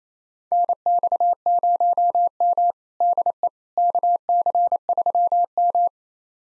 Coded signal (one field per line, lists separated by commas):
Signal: Morse code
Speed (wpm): 28 wpm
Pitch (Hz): 700 Hz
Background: none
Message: NX0M DE KC3M